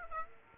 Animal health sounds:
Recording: mosquito wingbeat signal from an infrared sensor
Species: Aedes aegypti

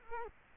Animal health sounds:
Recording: mosquito wingbeat signal from an infrared sensor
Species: Culex quinquefasciatus

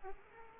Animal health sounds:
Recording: mosquito wingbeat signal from an infrared sensor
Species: Aedes aegypti

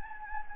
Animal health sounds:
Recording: mosquito wingbeat signal from an infrared sensor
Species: Anopheles gambiae

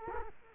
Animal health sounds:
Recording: mosquito wingbeat signal from an infrared sensor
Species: Culex quinquefasciatus

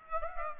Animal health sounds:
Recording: mosquito wingbeat signal from an infrared sensor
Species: Aedes aegypti

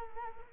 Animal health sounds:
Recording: mosquito wingbeat signal from an infrared sensor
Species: Culex quinquefasciatus

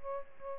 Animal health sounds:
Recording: mosquito wingbeat signal from an infrared sensor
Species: Aedes albopictus

